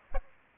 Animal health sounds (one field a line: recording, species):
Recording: mosquito wingbeat signal from an infrared sensor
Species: Aedes aegypti